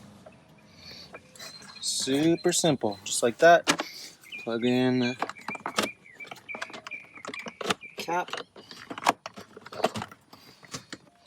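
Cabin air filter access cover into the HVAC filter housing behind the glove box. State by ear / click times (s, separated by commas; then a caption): seated / 9.3 s. After a new cabin air filter goes in behind the glove box of a 2010 Toyota Venza, the plastic filter access cover is pressed into the HVAC filter housing while someone talks. Short plastic knocks and rattles lead to a sharp click at 9.3 s as the cover clips shut and is seated.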